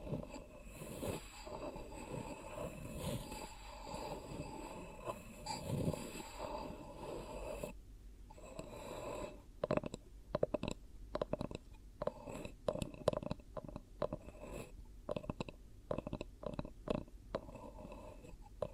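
ASMR triggers: dense, continuous crinkling and rustling for about eight seconds, then sparse, irregular taps and clicks over a soft steady hiss.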